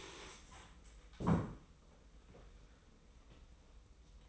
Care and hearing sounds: daily activity, microphone in the room; stand up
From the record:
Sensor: 1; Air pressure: 990.5 hPa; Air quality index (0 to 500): 153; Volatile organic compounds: 1000 ppm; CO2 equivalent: 5544 ppm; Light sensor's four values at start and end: 31/73/31/34 and 31/73/31/34

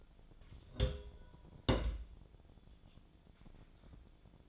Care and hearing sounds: daily activity, microphone in the room; place on stove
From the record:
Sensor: 5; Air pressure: 1010.0 hPa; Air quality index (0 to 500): 153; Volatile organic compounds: 3 ppm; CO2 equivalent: 1494 ppm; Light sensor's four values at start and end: 249/607/258/284 and 250/607/258/286

